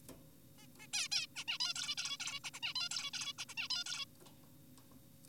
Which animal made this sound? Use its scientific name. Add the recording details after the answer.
Taeniopygia guttata. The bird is an adult. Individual g4p5U